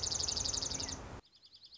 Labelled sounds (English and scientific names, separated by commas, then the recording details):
Dark-eyed Junco (Junco hyemalis)
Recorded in Sonoma County, California